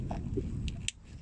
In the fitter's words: push that in until it clicks,